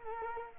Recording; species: mosquito wingbeat signal from an infrared sensor; Culex quinquefasciatus